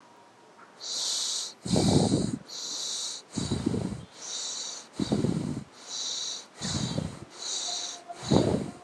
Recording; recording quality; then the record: shallow breathing; excellent, no background noise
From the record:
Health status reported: healthy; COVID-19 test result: not tested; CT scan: not taken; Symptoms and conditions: none ticked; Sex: male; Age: 28 years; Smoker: no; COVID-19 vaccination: one dose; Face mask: not worn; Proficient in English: yes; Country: India